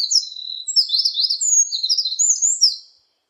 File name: 굴뚝새